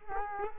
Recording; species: mosquito wingbeat signal from an infrared sensor; Culex quinquefasciatus